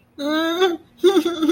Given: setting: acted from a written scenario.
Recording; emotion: vocal sound without words; fear